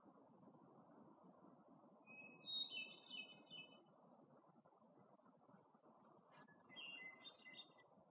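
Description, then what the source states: Hermit thrush song: two fluting phrases, the first opening on a clear held note and breaking into higher tumbling whistles, separated by several seconds over a steady low rushing background noise. Recorded in Algonquin Park, 2019.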